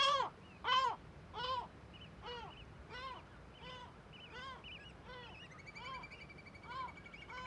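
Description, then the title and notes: Gull alarm calls, loud harsh cries at first, then a quieter run of barking notes, with a thin trilling bird call in the background. Large cliff amphitheatre above Viðarlundin woodland, Kunoy, Faroe Islands; gulls and other birds alarmed at the recordist's approach; quadraphonic recording, MixPre6II with DPA 4021 and 4022 microphones. "Le Palais des mouettes . Grand Cirque . Kunoy, Îles Féroé. Iles Féroé, KUNOY, nous sommes au dessus la forêt de Viðarlundin í Kunoy, le Cirque est énorme et les mouettes et autres oiseaux se mettent en alerte"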